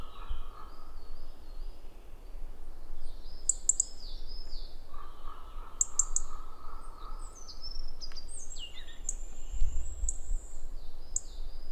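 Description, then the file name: European robin with brief high ticks in small clusters, mixed with thin wavering whistles and chirps, over a low background rumble. "Erithacus rubecula"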